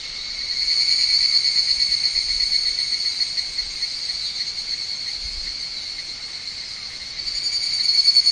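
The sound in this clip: Higurashi cicada call: a piercing, pulsating metallic trill that builds in the first second, eases off through the middle, then grows loud again at the close.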